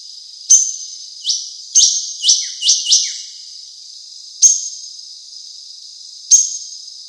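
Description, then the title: Drongo calls: high, bright ringing notes, a quick run of several in the middle, then two more isolated notes. "Suara Srigunting. Hobiburung. suara burung srigunting"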